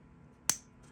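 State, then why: Seated. A sterling silver cap is pushed back onto the barrel of a Parker 75 Cisele fountain pen and snaps shut with a single sharp, bright click at 0.5 s, ringing briefly in the high frequencies. The cap is seated, closing with a satisfying click as it should, and a faint high rustle follows near the end against a quiet background.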